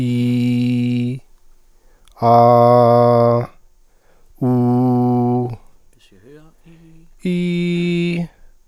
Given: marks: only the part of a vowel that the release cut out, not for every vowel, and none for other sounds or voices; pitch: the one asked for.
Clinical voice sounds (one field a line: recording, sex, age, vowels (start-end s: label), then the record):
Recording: sustained vowels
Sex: male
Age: 30 to 39 years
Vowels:
0.00-1.07 s: vowel /i/, normal pitch
2.30-3.34 s: vowel /a/, normal pitch
4.48-5.42 s: vowel /u/, normal pitch
7.28-8.11 s: vowel /i/, high pitch
From the record:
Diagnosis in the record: healthy voice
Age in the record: 30 years